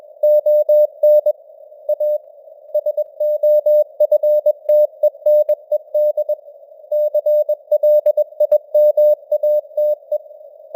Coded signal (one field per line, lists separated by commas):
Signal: Morse code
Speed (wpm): 21 wpm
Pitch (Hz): 600 Hz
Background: none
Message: ON A SOFTENED CLIMATE